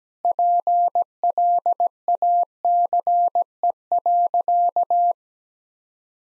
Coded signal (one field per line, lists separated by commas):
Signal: Morse code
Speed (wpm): 17 wpm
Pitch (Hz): 700 Hz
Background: none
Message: PLACE.